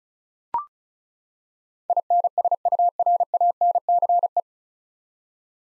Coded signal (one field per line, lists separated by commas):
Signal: Morse code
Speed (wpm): 36 wpm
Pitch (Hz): 700 Hz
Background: none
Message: INSURANCE